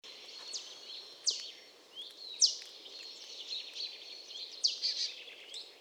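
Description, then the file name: Marsh tit calls: sharp, high descending notes at irregular intervals over a steady thin high twittering band, with soft background hiss. "Poecile palustris"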